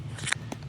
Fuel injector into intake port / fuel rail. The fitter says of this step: And then press it down till you hear it snap.